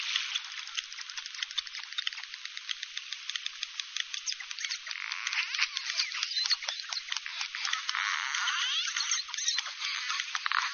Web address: KAIROS bottlenose dolfin